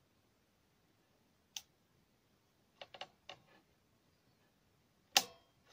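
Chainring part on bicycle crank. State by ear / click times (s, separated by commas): seated / 5.2 s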